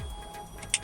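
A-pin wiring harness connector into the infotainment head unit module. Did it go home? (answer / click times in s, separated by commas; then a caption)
yes / 0.7 s. The original A-pin wiring harness connector is slid onto the new Sync 3 infotainment head unit module in a 2013-2016 Ford F250/F350 Super Duty, and its locking lever is lifted. Someone talks, and over a low hum a single sharp snap is heard at 0.7 s. The lever-lock harness connector is seated.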